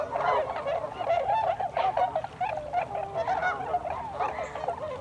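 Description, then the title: Tundra swans calling as a flock, a dense continuous chorus of overlapping hooting, bugling notes with no pause throughout. Recorded 26 December 2020. "2020-12-26-Tundra-Swans"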